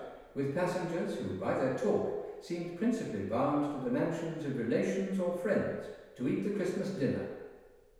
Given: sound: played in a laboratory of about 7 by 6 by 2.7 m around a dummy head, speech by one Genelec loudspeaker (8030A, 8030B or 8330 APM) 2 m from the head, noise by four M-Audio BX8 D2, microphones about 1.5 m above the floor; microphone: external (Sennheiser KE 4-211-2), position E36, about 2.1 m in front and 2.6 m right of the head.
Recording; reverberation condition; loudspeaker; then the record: male speech in English; high; 90 degrees to the left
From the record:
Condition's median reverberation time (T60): about 1300 ms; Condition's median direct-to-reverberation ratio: about -4.0 dB